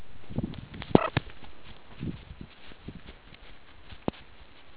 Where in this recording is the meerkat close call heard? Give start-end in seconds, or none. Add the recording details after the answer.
0.94-1.12. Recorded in the Kuruman River Reserve, South Africa. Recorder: an audio tag on a meerkat's collar